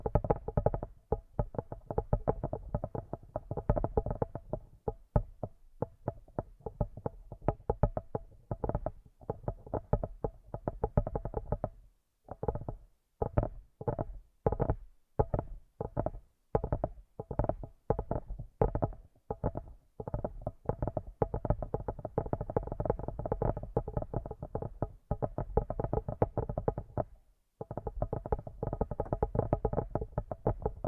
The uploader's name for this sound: ASMR using Headphones as a Mic Brain Melting Massage Triggers